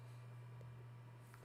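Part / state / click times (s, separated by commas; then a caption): part into its slot (was upside down) / not seated / none. A part is pushed into its slot upside down, so it does not click in and nothing has clicked or seated yet. A steady low hum runs throughout, with a faint tick near 1.3 s and a sudden loud, low thump at the very end.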